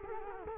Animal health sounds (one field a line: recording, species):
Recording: mosquito wingbeat signal from an infrared sensor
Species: Culex quinquefasciatus